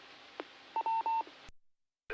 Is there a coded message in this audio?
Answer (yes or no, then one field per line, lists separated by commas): no